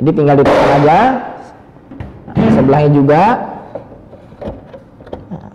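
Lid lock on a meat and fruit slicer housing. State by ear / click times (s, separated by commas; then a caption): seated / 5.1 s. The lid of an MKS-MSL33 combination meat and fruit slicer is closed, and its side lock on the housing is pressed while someone talks. Several short knocks and clicks follow. The lock seats with a click at 5.1 s, leaving the lid locked and tightly shut.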